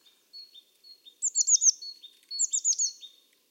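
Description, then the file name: Eurasian blue tit giving soft thin high notes, then two bright bursts of a few rapid downslurred chirps, with no other clear sounds. "Cyanistes caeruleus"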